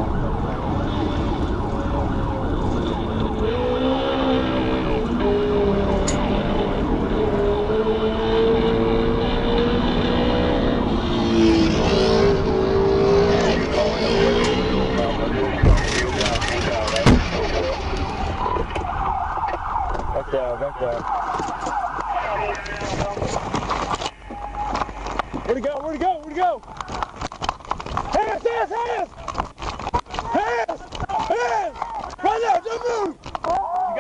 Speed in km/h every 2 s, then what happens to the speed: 76, 64, 69, 84, 98, 100, 64, 52, 24, 13, 0, 0, 0, 0, 0, 0, 0.
3-10 speeds up to 100. 10-19 brakes to 0. 19-34 standing.